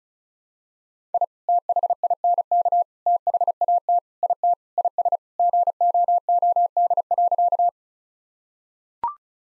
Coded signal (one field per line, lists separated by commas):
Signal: Morse code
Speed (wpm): 34 wpm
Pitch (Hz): 700 Hz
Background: none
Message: I THINK THAT IT IS GOOD.